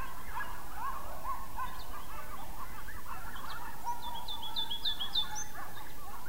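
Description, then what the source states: Group of coyotes giving a busy chorus of quavering yelps and rising-falling howls, one clearer drawn-out howl near the end, plus a bird's bright repeated chirps and background hiss. Coyotes yelling; 5 May 2016.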